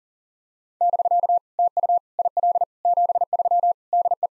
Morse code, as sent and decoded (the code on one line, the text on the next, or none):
-...-.- / - ..- / .. .-.. / --... ...-- / -.. .
<BK> TU IL 73 DE